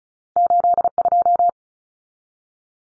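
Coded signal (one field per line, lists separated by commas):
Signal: Morse code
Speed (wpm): 34 wpm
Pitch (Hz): 700 Hz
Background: none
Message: 82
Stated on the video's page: Head-copy drill of common two-digit cut numbers at 35 wpm, T, A, N standing for 0, 1, 9; each number sent, spoken, then sent again.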